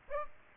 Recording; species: mosquito wingbeat signal from an infrared sensor; Aedes aegypti